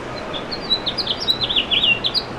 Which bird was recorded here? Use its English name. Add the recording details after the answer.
House Finch. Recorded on Long Island, New York, on 7 June 2011. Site MV. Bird B